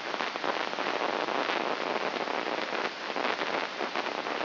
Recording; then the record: brain microelectrode recording played as sound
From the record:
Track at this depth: inside the subthalamic nucleus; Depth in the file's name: 3.42 mm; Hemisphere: left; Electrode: 3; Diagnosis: Parkinson's disease